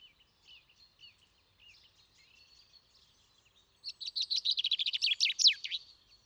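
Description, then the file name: Common chaffinch song: after a few soft scattered chirps, a loud, fast trill of notes ends in a flourish. "Fringilla coelebs"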